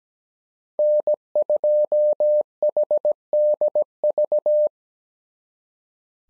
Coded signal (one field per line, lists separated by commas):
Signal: Morse code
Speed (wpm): 17 wpm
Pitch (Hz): 600 Hz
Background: none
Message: N2HDV